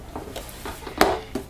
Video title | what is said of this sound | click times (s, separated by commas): How to change the motor on A Dirt Devil DD1800 Vacuum Cleaner | Now, as with anything, if you've got, there we go, everything just pushes on and clicks. | 1.0 s